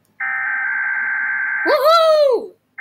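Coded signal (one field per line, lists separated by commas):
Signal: Emergency Alert System (SAME) tones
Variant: header bursts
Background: speech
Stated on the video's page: KDKA EAS test, streamed online and recorded on a laptop.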